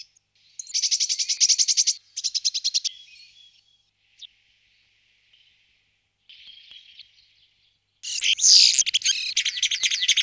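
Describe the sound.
Bird song of high buzzy trills and rapid repeated notes in bursts, with pauses between phrases and a dense scratchy jumble of notes at the end.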